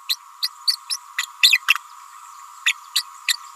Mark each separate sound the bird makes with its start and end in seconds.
0.09-0.16, 0.42-0.48, 0.67-0.76, 0.90-0.97, 1.18-1.26, 1.43-1.58, 1.68-1.75, 2.65-2.73, 2.95-3.04, 3.27-3.37